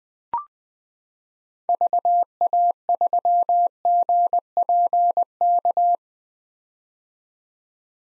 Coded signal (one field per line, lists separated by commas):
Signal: Morse code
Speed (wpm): 20 wpm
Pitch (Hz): 700 Hz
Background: none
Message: VA3GPK